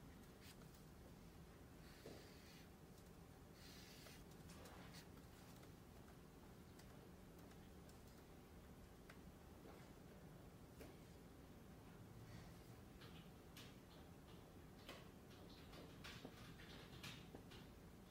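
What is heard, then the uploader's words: Inside a Glasgow library, a steady low rumble and murmur fill the whole stretch without letting up. Short knocks, clicks and soft thuds, like doors or cupboards, come every second or two, with brief hissing rustles near the start. Glasgow library. (university of glasgow).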